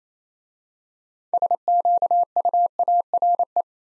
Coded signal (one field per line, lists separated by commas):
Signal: Morse code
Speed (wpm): 29 wpm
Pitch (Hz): 700 Hz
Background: none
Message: SQUARE